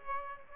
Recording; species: mosquito wingbeat signal from an infrared sensor; Aedes aegypti